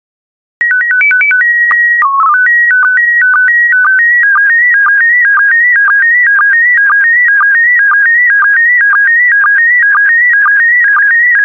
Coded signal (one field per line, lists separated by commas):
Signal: SSTV (slow-scan television)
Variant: PD 120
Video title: 166035 Images of Turkey SSTV PD120